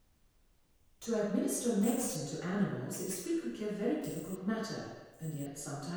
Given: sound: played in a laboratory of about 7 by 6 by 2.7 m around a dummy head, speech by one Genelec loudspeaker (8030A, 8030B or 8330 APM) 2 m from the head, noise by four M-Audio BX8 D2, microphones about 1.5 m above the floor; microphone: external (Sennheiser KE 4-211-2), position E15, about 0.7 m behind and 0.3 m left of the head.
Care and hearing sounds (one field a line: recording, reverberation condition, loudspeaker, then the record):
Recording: female speech in English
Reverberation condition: high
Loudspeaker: 30 degrees to the right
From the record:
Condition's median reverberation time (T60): about 1300 ms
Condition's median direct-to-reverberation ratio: about -4.0 dB